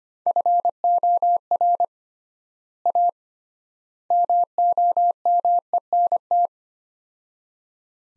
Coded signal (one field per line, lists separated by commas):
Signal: Morse code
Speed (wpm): 25 wpm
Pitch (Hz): 700 Hz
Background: none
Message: FOR A MOMENT